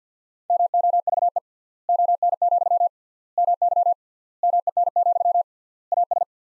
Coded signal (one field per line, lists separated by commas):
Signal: Morse code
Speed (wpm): 47 wpm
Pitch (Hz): 700 Hz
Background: none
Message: MOVE ON, MY MEN, AS